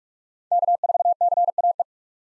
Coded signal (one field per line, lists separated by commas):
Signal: Morse code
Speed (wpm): 45 wpm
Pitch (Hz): 700 Hz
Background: none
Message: K4CAE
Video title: 2023 POTA Hunter Call Signs - 45wpm